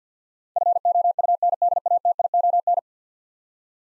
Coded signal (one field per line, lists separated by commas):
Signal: Morse code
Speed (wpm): 53 wpm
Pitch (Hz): 700 Hz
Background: none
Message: FOUNDATION